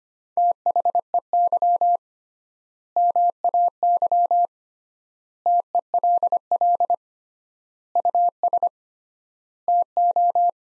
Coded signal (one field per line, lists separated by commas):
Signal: Morse code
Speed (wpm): 25 wpm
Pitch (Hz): 700 Hz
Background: none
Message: THEY MAY TELL US TO